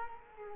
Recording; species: mosquito wingbeat signal from an infrared sensor; Culex quinquefasciatus